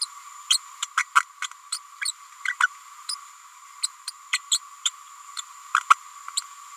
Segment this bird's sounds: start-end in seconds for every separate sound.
0.01-0.06, 0.50-0.58, 0.82-0.86, 0.97-1.04, 1.15-1.21, 1.42-1.47, 1.72-1.78, 2.04-2.11, 2.45-2.54, 2.60-2.67, 3.08-3.15, 3.83-3.87, 4.07-4.11, 4.32-4.39, 4.51-4.59, 4.85-4.90, 5.36-5.41, 5.74-5.79, 6.37-6.41